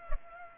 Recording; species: mosquito wingbeat signal from an infrared sensor; Culex pipiens